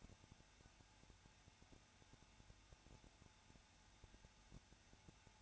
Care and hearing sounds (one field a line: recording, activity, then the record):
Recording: daily activity, microphone in the room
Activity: no activity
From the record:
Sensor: 2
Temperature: 21.0 degrees Celsius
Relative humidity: 34.2%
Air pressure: 994.4 hPa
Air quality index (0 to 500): 171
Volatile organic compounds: 3 ppm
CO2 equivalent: 1329 ppm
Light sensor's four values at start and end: 2/3/2/2 and 2/3/2/2